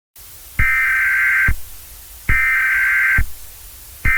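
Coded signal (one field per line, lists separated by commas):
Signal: Emergency Alert System (SAME) tones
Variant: header bursts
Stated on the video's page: Fictional EAS scenario about a Washington tornado outbreak, a simulated alert.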